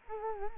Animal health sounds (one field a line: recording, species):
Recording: mosquito wingbeat signal from an infrared sensor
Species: Culex quinquefasciatus